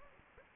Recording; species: mosquito wingbeat signal from an infrared sensor; Anopheles gambiae